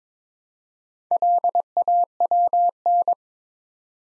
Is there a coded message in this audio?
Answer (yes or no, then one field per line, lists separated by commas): yes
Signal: Morse code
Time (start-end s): 1.1-3.1 s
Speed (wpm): 22 wpm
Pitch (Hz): 700 Hz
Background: none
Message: LAWN